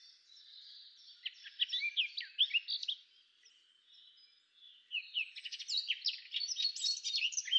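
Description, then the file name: Eurasian blackcap song: two bursts of rapid warbling with chirps and trilled notes, separated by a quieter pause. "Sylvia atricapilla"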